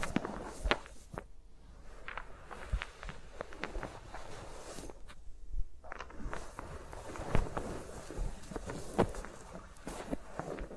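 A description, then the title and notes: Fingers move around the microphones in a no-talking ASMR session, producing dense, crackly rubbing and scratching with frequent sharp taps and clicks. The activity thins out briefly around five to six seconds, then picks up again with strong clicks near seven and nine seconds. ASMR with Mics Around My Fingers (No Talking).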